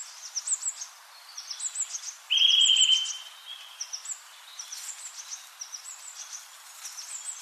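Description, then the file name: Eurasian nuthatch giving one fast trill of clipped notes lasting under a second, amid many high, thin chirps in the background. "Sitta europaea"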